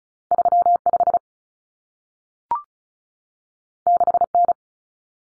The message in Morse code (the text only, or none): 35 6N